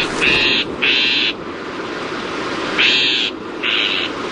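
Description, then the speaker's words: Shrike song: harsh, buzzy, grating notes given in pairs, each about half a second long, with a pause of over a second between the two pairs; steady background hiss. Shrikes, loggerhead and northern, of open areas of North America, sit on wires and treetops and regularly lure small birds within striking range with their song. "Scientific studies have shown that shrikes regularly lure these small birds within striking range with their song."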